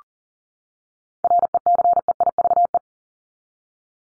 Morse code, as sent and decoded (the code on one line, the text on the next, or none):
.-. . -.-. . .. ...- .
RECEIVE